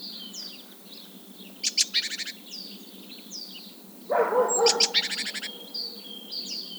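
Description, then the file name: Great tit buzzy churring chatter in two rapid bursts, the second joined by a broad harsh rasp, over soft whistled notes. "Parus major"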